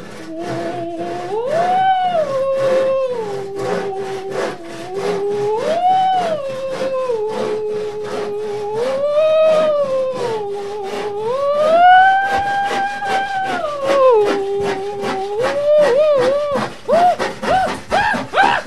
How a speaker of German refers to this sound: In der Folge unserer Kulturgüter Europas stellen wir heute vor Doppelkatharina Ambivalente, die singende Säge.